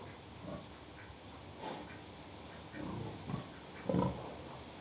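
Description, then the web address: Pig grunts, low and short, coming in scattered bursts over a few seconds, with a quiet hiss in the background. Three pigs, livestock, grunting occasionally. "BBC Sound Effects Library. Three Pigs Grunting Occasionally"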